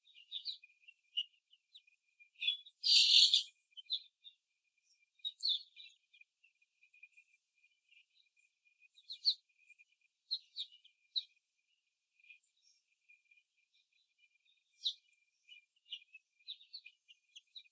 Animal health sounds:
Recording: young laying hens in a cage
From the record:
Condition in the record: after the stressor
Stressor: simulated dog barking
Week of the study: 3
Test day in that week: 1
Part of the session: 3

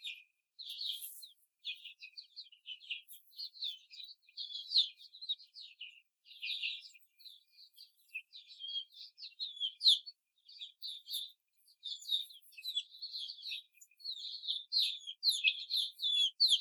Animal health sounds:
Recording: young laying hens in a cage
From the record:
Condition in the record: before the stressor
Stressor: simulated dog barking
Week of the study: 4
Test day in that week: 2

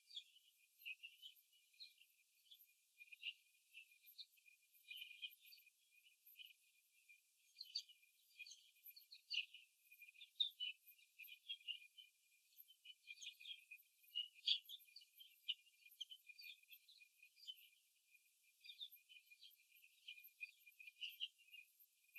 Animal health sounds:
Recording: young laying hens in a cage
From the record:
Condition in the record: before the stressor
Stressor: simulated dog barking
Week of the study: 2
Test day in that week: 3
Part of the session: 1

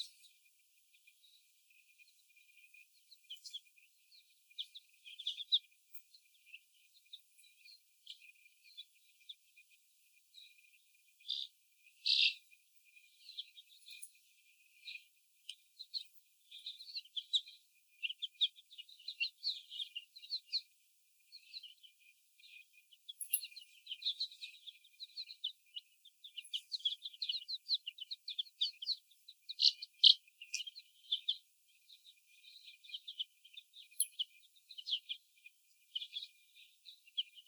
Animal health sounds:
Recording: young laying hens in a cage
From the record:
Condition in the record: before the stressor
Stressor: sudden umbrella opening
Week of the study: 1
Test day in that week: 1

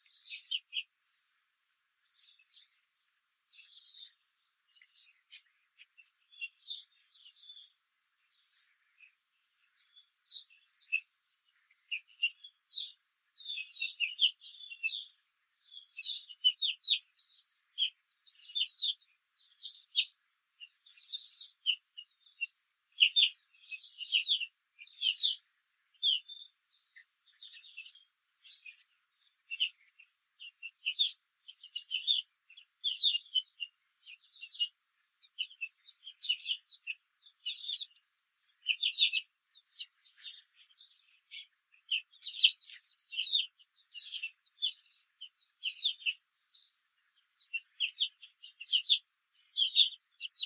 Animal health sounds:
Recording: young laying hens in a cage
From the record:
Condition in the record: control cage, after the stress test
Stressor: none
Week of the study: 4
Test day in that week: 1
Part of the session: 2

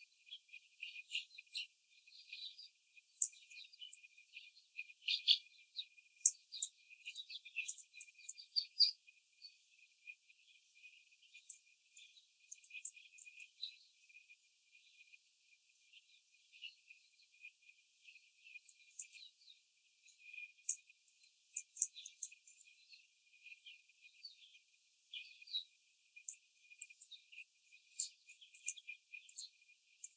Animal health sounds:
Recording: young laying hens in a cage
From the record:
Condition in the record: after the stressor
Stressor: simulated dog barking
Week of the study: 4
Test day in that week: 3

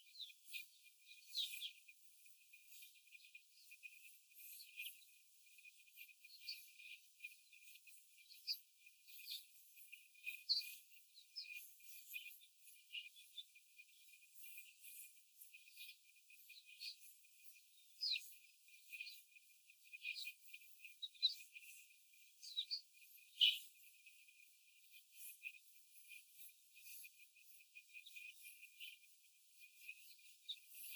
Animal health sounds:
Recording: young laying hens in a cage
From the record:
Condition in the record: after the stressor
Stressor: simulated dog barking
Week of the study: 4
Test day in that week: 1

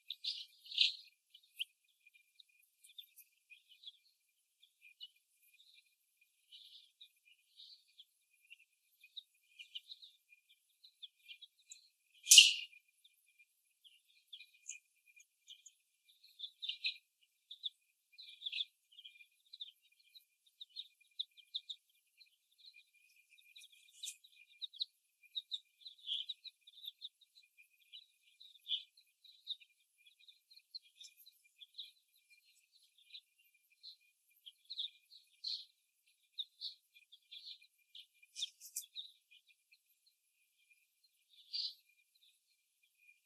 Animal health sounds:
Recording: young laying hens in a cage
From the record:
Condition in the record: before the stressor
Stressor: simulated dog barking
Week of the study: 1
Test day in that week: 1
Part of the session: 1

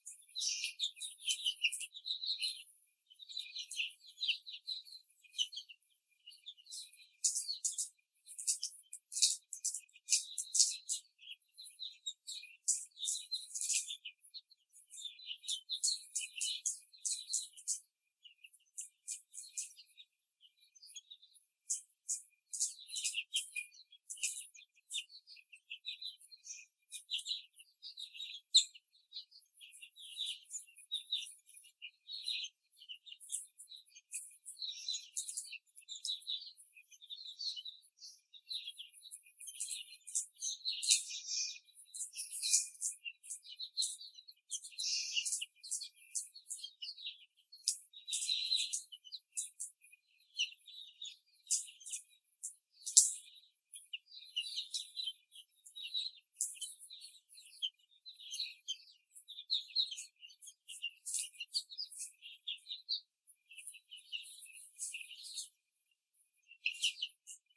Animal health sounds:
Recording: young laying hens in a cage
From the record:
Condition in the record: before the stressor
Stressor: simulated dog barking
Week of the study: 3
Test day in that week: 2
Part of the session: 3

